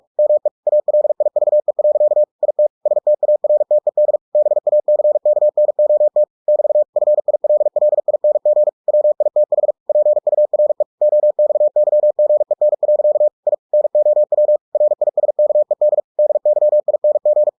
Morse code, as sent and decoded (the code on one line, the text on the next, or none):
-- . / .- .-.. .. ...- . .-.-.- / .. - / ... - .- .-. - . -.. / -... .- -.-. -.- -. --- - / -...- / ..-. .. .-.. .-.. .. -. --. / .-- .. - .... / .--. ..- .-. . / --- -..- -.-- --. . -. .-.-.- / .. / -. --- .-- / .-. .. ... -.- . -.. / -.. -.-- .. -. --.
ME ALIVE. IT STARTED BACKNOT <BT> FILLING WITH PURE OXYGEN. I NOW RISKED DYING